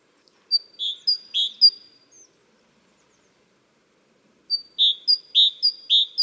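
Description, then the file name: Great tit giving two short runs of three to four high, sharp two-part notes separated by a silent gap. "Parus major"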